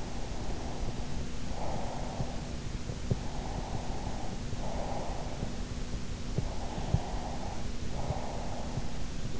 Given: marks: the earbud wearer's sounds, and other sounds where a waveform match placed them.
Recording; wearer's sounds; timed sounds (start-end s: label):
sounds in sleep by an in-ear microphone; breath
0.00-2.20 s: breath
3.26-5.22 s: breath
6.47-8.80 s: breath